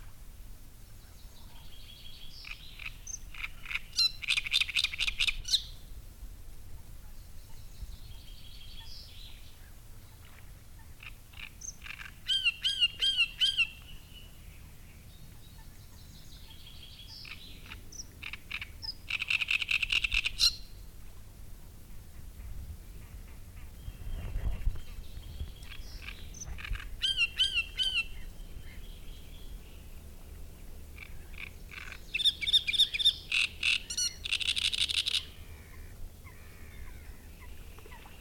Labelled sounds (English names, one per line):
Great Reed Warbler